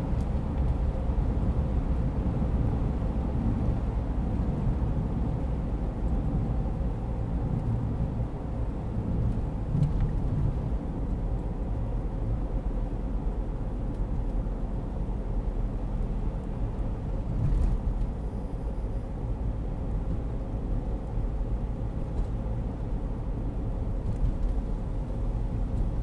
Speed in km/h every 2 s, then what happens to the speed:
73, 72, 68, 66, 62, 60, 59, 58, 58, 57, 56, 56, 56.
0-11 slows to 59. 11-26 steady at about 57.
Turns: none.